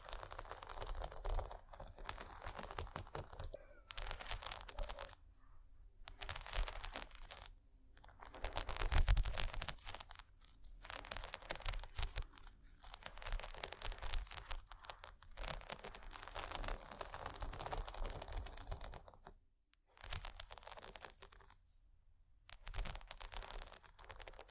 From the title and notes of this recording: ASMR Bumpy Textured Items Scratching（No Talking）.